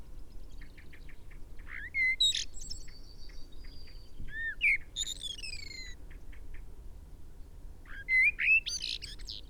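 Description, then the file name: Common blackbird sings repeated bursts of slurred whistles and high squeaky twitters with brief quiet gaps between phrases, a steady hum and soft rumble behind. "Turdus merula"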